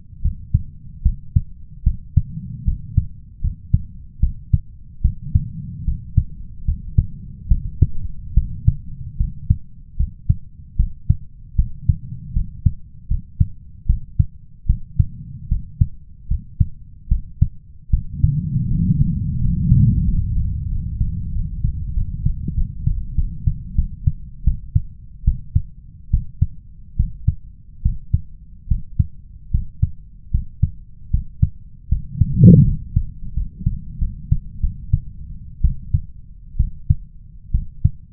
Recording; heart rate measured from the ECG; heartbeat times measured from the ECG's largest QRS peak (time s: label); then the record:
heart sounds by stethoscope; 77 bpm
0.21 s: heartbeat
1.02 s: heartbeat
1.83 s: heartbeat
2.64 s: heartbeat
3.41 s: heartbeat
4.20 s: heartbeat
5.01 s: heartbeat
5.84 s: heartbeat
6.65 s: heartbeat
7.48 s: heartbeat
8.34 s: heartbeat
9.17 s: heartbeat
9.96 s: heartbeat
10.76 s: heartbeat
11.55 s: heartbeat
12.33 s: heartbeat
13.08 s: heartbeat
13.86 s: heartbeat
14.66 s: heartbeat
15.48 s: heartbeat
16.27 s: heartbeat
17.08 s: heartbeat
17.90 s: heartbeat
18.67 s: heartbeat
19.38 s: heartbeat
20.04 s: heartbeat
20.68 s: heartbeat
21.32 s: heartbeat
21.93 s: heartbeat
22.54 s: heartbeat
23.15 s: heartbeat
23.75 s: heartbeat
24.44 s: heartbeat
25.24 s: heartbeat
26.10 s: heartbeat
26.96 s: heartbeat
27.82 s: heartbeat
28.67 s: heartbeat
29.51 s: heartbeat
30.31 s: heartbeat
31.10 s: heartbeat
31.88 s: heartbeat
32.64 s: heartbeat
33.33 s: heartbeat
33.98 s: heartbeat
34.60 s: heartbeat
35.61 s: heartbeat
36.56 s: heartbeat
37.51 s: heartbeat
From the record:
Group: healthy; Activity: rest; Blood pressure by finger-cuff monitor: 101/72 mmHg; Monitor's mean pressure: 80 mmHg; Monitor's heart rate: 75 bpm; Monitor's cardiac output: 5.5 L/min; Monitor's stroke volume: 73 mL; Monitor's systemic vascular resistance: 1030 dyn s/cm5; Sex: male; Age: 21 years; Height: 170 cm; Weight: 71 kg